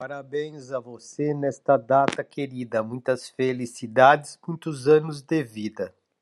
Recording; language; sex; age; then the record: short text; Brazilian Portuguese; male; 60 to 69 years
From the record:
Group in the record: control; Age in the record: 64 years